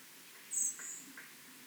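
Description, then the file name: Common blackbird giving one sharp, high, thin note that trails into a softer tail, with faint lower chips after it over hiss. "Turdus merula"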